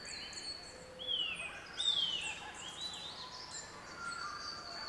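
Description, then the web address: Birdsong chorus featuring two loud downward-sliding whistles less than a second apart, surrounded by softer high chirps, trills and sustained whistles against background hiss. Chorus of several birds, Central Victoria, Australia. "andrewskeoch Central Victorian Birdsong Chorus"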